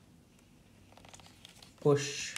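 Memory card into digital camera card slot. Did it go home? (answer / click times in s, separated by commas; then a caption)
no / none. A memory card is handled and lined up at the card slot of a digital camera, giving only small, faint handling ticks between about 1.0 and 1.6 seconds. Near the end someone talks. Nothing has seated or clicked yet.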